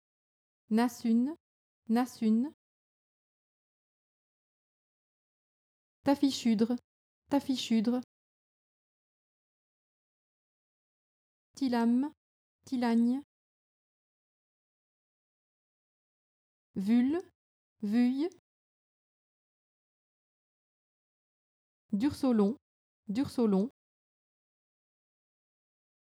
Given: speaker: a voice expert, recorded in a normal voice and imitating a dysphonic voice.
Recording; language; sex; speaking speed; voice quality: pseudo-word pairs; French; female; fast speed; normal voice